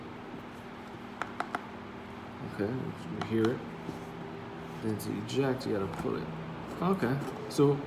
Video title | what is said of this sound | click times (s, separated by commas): Air Jordan 33 Unboxing | much you tighten it it signs up these chords you hear it click click click and then | 1.2 s, 1.4 s, 1.6 s